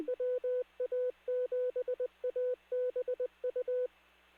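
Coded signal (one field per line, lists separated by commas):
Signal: Morse code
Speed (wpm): 20 wpm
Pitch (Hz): 500 Hz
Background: radio noise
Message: WA7ABU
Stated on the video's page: Tech net on a repeater heard on a BaoFeng UV-5R handheld.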